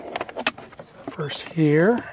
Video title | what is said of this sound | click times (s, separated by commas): Blown Dodge Challenger Hellcat- Harman Kardon Amp fixed/reinstalled! UConnect/Radio sound is back! | and then the instrument panel end cap so let's kind of put these together first and they'll just snap in place so | 0.5 s